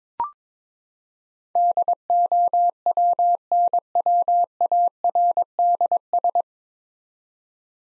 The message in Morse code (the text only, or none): DOWNWARDS